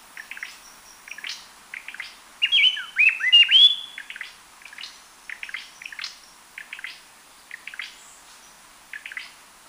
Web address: Natures Songs S America Birds of Ecuador Gray-breasted Wood-Wren (lower subtropical)